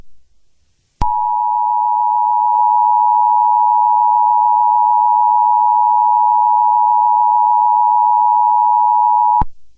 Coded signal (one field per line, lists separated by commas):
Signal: Emergency Alert System (SAME) tones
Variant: 853 and 960 Hz attention tone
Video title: EAS Scenario #5: The Night Of The Yanderes (7 Subscriber Special)